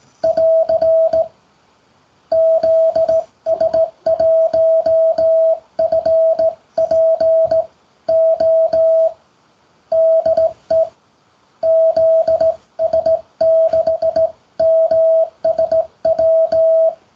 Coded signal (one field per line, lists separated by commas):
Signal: Morse code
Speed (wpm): 18 wpm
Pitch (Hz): 650 Hz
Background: music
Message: <AR> ZS1FPO DE ZS6MSW